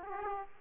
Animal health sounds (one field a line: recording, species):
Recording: mosquito wingbeat signal from an infrared sensor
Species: Aedes aegypti